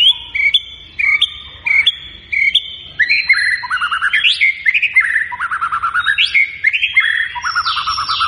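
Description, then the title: White-rumped shama singing: repeated whistled notes, then a fast, rich medley of rising and falling warbled phrases. Vigorously singing bird; lure recording meant to prompt shamas to respond. "MURAI BATU GACOR"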